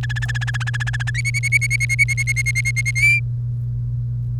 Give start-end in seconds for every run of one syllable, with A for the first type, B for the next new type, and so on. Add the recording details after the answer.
0.03-1.10 A, 1.14-2.91 B, 2.96-3.20 C. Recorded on 1 May 2018 at 05:57. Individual llb3